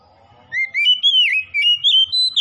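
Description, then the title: Oriental magpie-robin song: short, fluent warbled phrase of rising and wavering whistled notes, clear against a quiet background. Tretes; singing vigorously, described as gacor. "Kacer Tretes Gacor"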